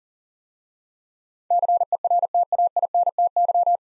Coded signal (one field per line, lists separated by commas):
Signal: Morse code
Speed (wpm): 42 wpm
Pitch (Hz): 700 Hz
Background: none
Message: CERTAINTY